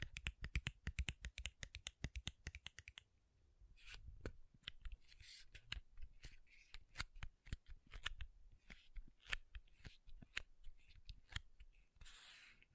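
Makeup tapping and scratching: rapid, sharp taps fill the first three seconds, then sparser clicks with brief bright scratchy bursts continue through the end.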